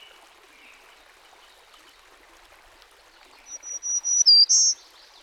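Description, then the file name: Black-throated green warbler song: a few high, thin notes rising in strength, then a dipping buzzy note and a final higher buzz, over a steady rushing stream-like background. "dan gibsons solitudes black throated green warbler"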